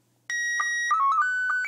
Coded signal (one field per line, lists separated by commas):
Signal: SSTV (slow-scan television)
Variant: Scottie 1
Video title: SSTV THE POOR MANS WAY